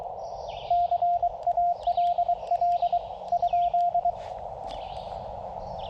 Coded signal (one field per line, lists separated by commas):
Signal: Morse code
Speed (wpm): 22 wpm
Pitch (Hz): 690 Hz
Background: none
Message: CALL?